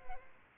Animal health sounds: mosquito wingbeat signal from an infrared sensor; Aedes albopictus

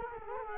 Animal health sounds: mosquito wingbeat signal from an infrared sensor; Culex quinquefasciatus

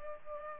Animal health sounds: mosquito wingbeat signal from an infrared sensor; Culex pipiens

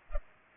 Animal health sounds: mosquito wingbeat signal from an infrared sensor; Culex pipiens

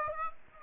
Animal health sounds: mosquito wingbeat signal from an infrared sensor; Aedes aegypti

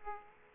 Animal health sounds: mosquito wingbeat signal from an infrared sensor; Aedes aegypti

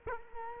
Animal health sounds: mosquito wingbeat signal from an infrared sensor; Culex quinquefasciatus

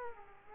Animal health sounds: mosquito wingbeat signal from an infrared sensor; Aedes aegypti

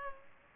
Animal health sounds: mosquito wingbeat signal from an infrared sensor; Culex pipiens

